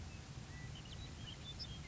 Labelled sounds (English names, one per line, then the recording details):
California Quail
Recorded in Sonoma County, California